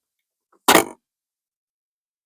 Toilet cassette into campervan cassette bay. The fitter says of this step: That's it locked in place.